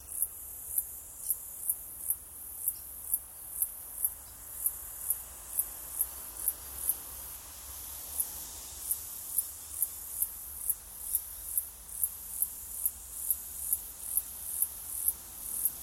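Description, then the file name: Cicada calling in short, sharp, high-pitched buzzy pulses, repeated in a steady rhythm over a faint low rumble. Australia. "INSECT AUS CICADA"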